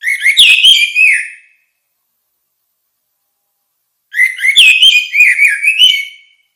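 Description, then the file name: Orange-headed thrush song: two warbled phrases of fluty whistled notes, each over a second long, separated by a silent gap of over two seconds. "suara kicau burung anis merah"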